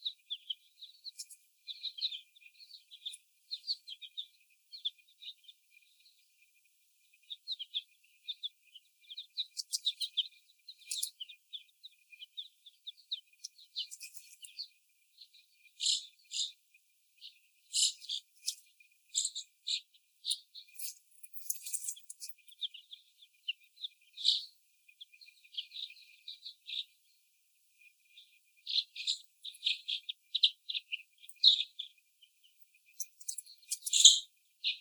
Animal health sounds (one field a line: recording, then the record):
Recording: young laying hens in a cage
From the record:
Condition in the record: before the stressor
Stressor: sudden umbrella opening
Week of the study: 1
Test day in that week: 1